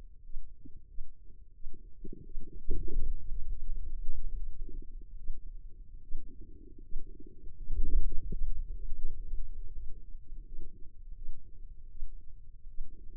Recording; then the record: forearm muscle sounds (acoustic myography)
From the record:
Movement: hand opening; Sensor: system 2, bracelet of six BSWA MPA416 microphones around the upper forearm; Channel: 2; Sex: female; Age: 25 years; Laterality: right